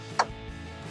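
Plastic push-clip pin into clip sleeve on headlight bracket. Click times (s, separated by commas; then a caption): 0.2 s. On the second side of a 2012-2015 Tacoma Raxiom Axial Series headlight install with sequential LED bar, the female end of a two-piece plastic push clip is pushed into the clip sleeve on the headlight bracket and the male pin is pressed into it. A single sharp click at 0.2 s stands out against quiet background noise. The clip snaps home and is seated in place.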